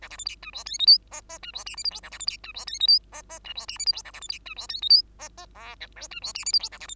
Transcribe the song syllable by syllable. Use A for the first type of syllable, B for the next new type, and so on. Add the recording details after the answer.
A B C D E F G H I J J E F K L M N A B C D E F G H I J J E F K L M N A B C D E F G H I J J O P Q E F K L M N A B C. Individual Bird2